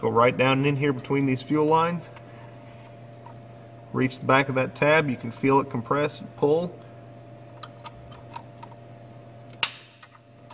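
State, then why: Released. An old screwdriver, bent to reach between the fuel lines, presses the back of the plastic locking tab on a factory wiring harness connector at an engine sensor of a 2016–2019 Nissan Titan XD Cummins diesel pickup truck. Someone talks at first, a few faint ticks follow, then the latch clicks open sharply at 9.6 s and the connector is released.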